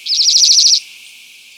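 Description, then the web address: Band-tailed seedeater song: one short, high, buzzy trill of rapid repeated notes lasting under a second, with no other sounds. Ecuador. "S America Birds of Ecuador. Band-Tailed Seedeater"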